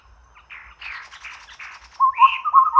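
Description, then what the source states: Chestnut-rumped babbler chattering in buzzy bursts, then breaking into low hollow whistled notes that run together in a quick series. Recorded at Danum on 1 April 2006.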